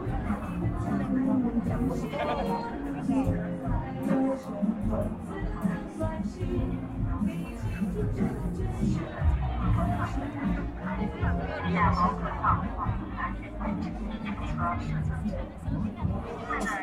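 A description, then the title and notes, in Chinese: Crowd at Hongyadong in Chongqing: a steady, dense babble of many overlapping voices, continuous throughout with no pauses or distinct events. 重庆洪崖洞。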